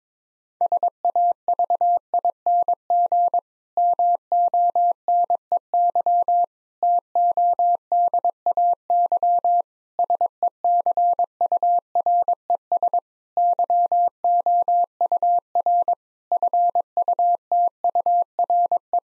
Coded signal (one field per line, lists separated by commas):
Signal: Morse code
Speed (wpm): 22 wpm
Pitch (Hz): 700 Hz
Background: none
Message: SAVING MONEY TODAY SECURES YOUR FUTURE